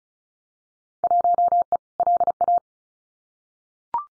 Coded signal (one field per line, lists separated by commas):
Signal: Morse code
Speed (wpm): 36 wpm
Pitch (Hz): 700 Hz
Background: none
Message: 1E LA